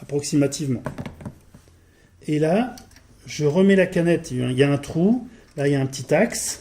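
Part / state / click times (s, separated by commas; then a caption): bobbin case into the embroidery machine's bobbin holder / not seated / none. A bobbin case is being put back into the bobbin holder of a Brother VR1 embroidery machine, with its hole lined up on a small pin, while someone talks. The clip is mostly speech with faint handling noise. Nothing has seated or clicked yet.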